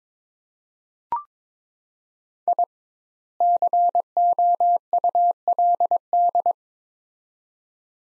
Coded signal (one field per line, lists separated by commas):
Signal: Morse code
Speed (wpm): 22 wpm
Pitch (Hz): 700 Hz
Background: none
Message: I COULD